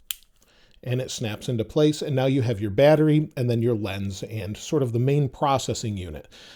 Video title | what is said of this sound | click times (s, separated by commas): Amazing ACTION CAM for iPhone 13 Pro - Insta360 ONE RS | just click this into place and it snaps into | 0.1 s